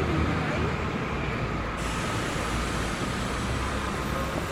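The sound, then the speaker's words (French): Bus station ambience: a steady, dense rumble of idling bus engines and hiss fills the scene, with faint indistinct voices and a slight shift in tone partway through. “Drinking of alcohol is not permitted anywhere on this bus station.”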